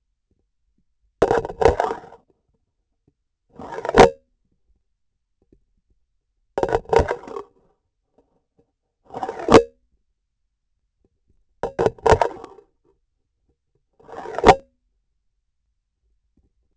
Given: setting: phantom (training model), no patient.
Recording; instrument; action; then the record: laparoscopic instrument, vibration sensor on the handle end; grasping forceps; insertion and removal through the trocar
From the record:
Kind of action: spatial motion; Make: Olympus